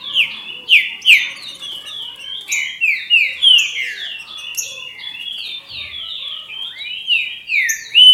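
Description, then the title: Green-winged saltator song: rapid, flowing whistled notes that slide downward, some softer passages, ending with a loud rising whistle. "Trinca Ferro"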